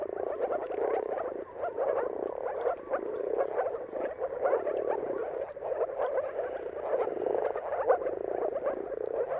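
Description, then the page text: Dense moor frog chorus of gentle, gurgling low calls layered without a break for the whole stretch. Moor frogs giving mating calls in a dawn chorus at sunrise, at the turn of March and April depending on the weather; recorded by Jakub Orzecki. "Jakub-Orzecki moor frogs. Dawn’s Chorus: Mating Calls of Marsh Frogs at Sunrise. Depending on the weather at the turn of March and April, you can witness an amazing spectacle of moor frogs"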